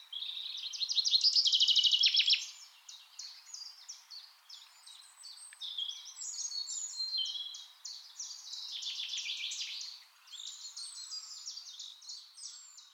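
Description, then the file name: Common chaffinch song: a loud, rippling trill at the start, followed by quieter bright, chattering phrases for the rest. "Fringilla coelebs"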